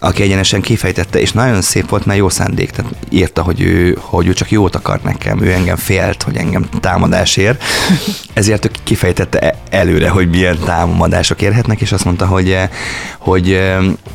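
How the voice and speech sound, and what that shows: A man, a history teacher, writer and media personality who has stuttered since childhood, speaks conversational Hungarian in a low voice, mostly fluently, with a brief laugh. Whole-word repetitions, a part-word repetition and hesitations with filled 'eh' pauses fit mild stuttering.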